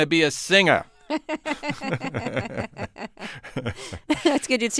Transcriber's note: soundbite of laughter